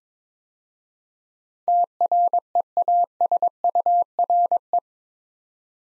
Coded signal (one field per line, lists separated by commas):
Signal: Morse code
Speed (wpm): 22 wpm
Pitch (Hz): 700 Hz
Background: none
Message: TREASURE